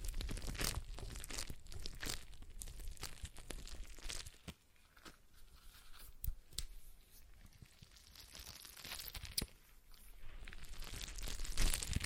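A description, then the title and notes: A stress ball is squeezed and worked, giving dense crinkling, crunching and tearing-like sounds throughout. Sharp bright clicks punctuate it often and irregularly, with a quieter stretch around the fifth to eighth seconds before the handling grows louder again near the end. ASMR Relaxing Stress Ball Sounds (No Talking).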